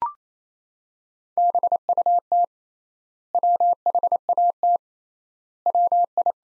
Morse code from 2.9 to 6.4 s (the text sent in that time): WHAT WI